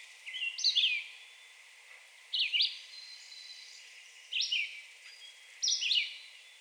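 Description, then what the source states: Red-eyed Vireo giving four short, slurred whistled phrases with pauses between them, over a soft background hiss. Recorded 2 June 2020.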